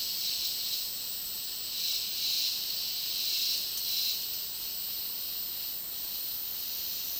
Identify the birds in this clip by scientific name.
none